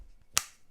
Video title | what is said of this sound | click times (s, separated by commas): Rauta vs Gadgets: Jaybird Vista 2 earbuds [GADGETS] | you can hear the little click sound, and then you can see these blinking LED lights here, | 0.4 s